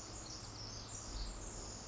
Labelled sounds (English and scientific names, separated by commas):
Pacific Wren (Troglodytes pacificus)